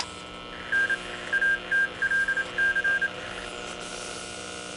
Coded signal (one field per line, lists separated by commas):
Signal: Morse code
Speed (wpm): 28 wpm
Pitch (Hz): 1600 Hz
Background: none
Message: N ATLC